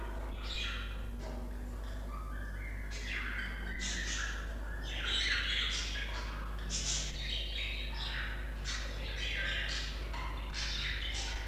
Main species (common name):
Budgerigar